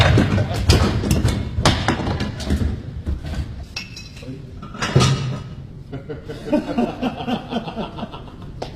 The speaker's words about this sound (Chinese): 好了，咱们先把炉子烧热。这是舒茨秘书的椅子，我现在马上让它变成一堆小木头。